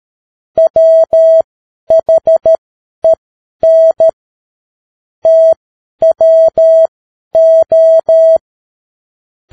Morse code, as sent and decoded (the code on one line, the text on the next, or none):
.-- .... . -. / - .-- ---
WHEN TWO